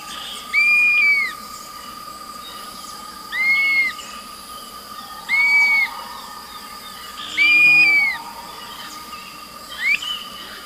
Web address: Natures Songs S America Eastern Lowlands. Myiarchus tuberculifer, dawn song